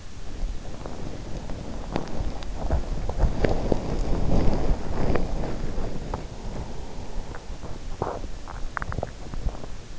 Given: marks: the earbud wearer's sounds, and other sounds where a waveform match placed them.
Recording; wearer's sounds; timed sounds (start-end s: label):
sounds in sleep by an in-ear microphone; body movement
0.00-9.91 s: body movement